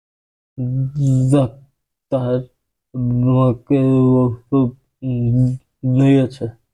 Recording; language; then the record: elicited speech; Bengali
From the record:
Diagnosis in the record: Broca's or global aphasia after a stroke